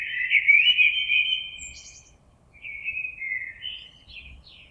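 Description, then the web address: Common blackbird song: two mellow, warbled phrases around mid pitch, each closing with brief high, scratchy twitters. Recorded 26 April 2022. "oiseaux Merle 2022 04 26"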